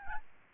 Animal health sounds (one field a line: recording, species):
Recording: mosquito wingbeat signal from an infrared sensor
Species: Aedes albopictus